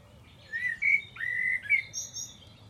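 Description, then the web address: Bird song: a few short whistled notes, a drawn-out note sliding slightly, a quick slurred note, then thin high chips, over faint low rumble. "Deverinetal. Bird Only"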